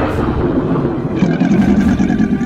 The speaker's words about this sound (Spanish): Entonces la tierra se estremeció. Surgió del abismo un ser infernal, un dragón morado que salió del mar. Rugió como un trueno.